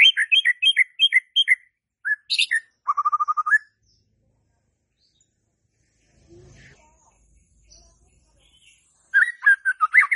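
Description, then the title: White-rumped shama song: quick repeated whistled phrases and a buzzy rattle, a quiet gap with faint low knocks, then a fresh burst of rich whistling. Lure song used to provoke stressed White-rumped shamas that have stopped singing into song. "PANCINGAN Murai Batu STRES & MACET"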